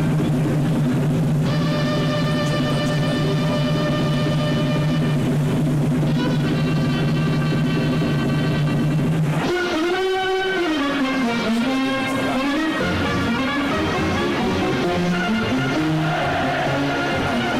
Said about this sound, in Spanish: Parala, ya la tienen que sacar, es muy fácil, son dos autos, tierra, la música se viene a la cabeza